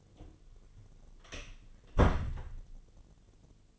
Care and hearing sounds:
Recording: daily activity, microphone in the room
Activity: close door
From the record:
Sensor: 4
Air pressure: 1008.0 hPa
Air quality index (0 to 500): 183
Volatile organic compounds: 5 ppm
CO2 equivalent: 1828 ppm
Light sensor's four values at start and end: 23/72/27/26 and 24/76/29/28

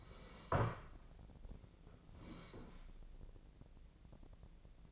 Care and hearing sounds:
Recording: daily activity, microphone in the room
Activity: sit down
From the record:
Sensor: 5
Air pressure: 1012.4 hPa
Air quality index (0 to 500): 148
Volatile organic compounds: 2 ppm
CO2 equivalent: 1016 ppm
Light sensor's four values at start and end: 282/674/288/319 and 280/671/286/317

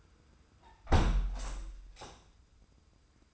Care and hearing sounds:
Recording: daily activity, microphone in the room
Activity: close window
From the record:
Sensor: 2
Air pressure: 990.2 hPa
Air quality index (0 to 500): 198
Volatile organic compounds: 1000 ppm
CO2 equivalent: 6328 ppm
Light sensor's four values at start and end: 23/55/22/22 and 24/56/23/23

